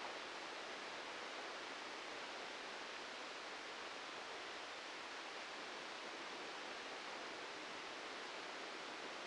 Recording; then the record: brain microelectrode recording played as sound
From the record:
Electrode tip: outside the subthalamic nucleus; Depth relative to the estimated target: 2 mm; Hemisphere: left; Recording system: NeuroSet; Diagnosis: Parkinson's disease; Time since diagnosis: 13 years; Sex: male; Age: 63 years